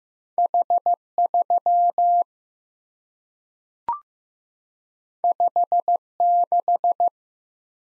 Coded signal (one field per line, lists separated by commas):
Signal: Morse code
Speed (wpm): 15 wpm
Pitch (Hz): 700 Hz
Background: none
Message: H3 56